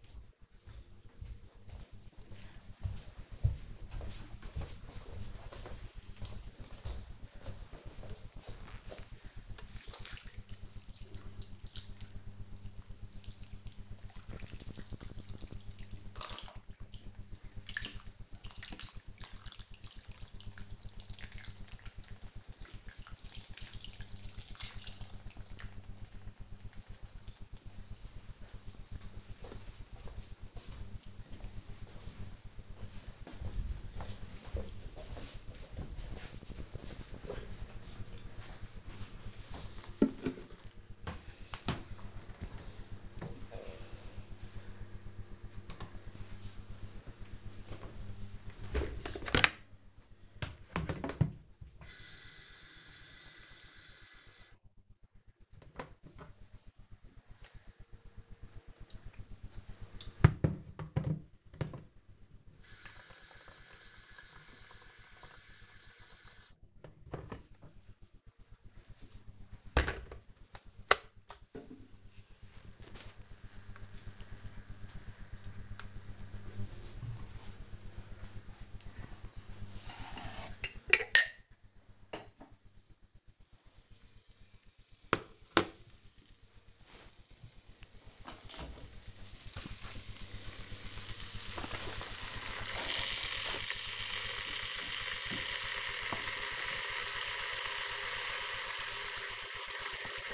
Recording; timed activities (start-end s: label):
household activities, microphone on the right wrist
0.00-28.27 s: watering plant
45.38-100.34 s: making tea